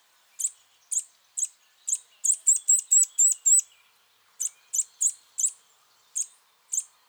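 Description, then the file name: Eurasian nuthatch calls: loud high notes repeated roughly twice a second, broken by a quick rattled run of notes in the middle. "Sitta europaea"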